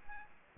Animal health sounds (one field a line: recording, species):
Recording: mosquito wingbeat signal from an infrared sensor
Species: Aedes aegypti